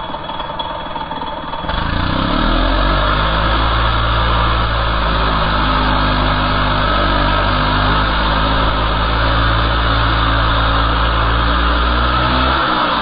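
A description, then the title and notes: A chainsaw idles briefly, then roars up near two seconds into a loud, steady, buzzing whine that holds until cutting off at the end. Chainsaws. Recorded by Dan Bodah in Dingmans Ferry, PA.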